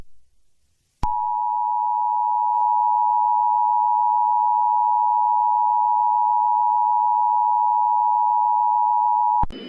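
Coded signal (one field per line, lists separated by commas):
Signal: Emergency Alert System (SAME) tones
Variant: 853 and 960 Hz attention tone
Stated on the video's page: Mock EAS alert for a fictional California hurricane.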